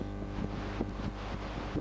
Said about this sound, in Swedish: Det blåser ganska mycket fiskljus i boet där. Med mikrofon också på kamerorna. Det som låter när du på äter fisk där. Så det är tydligen ljudupptagning också. Med mikrofon.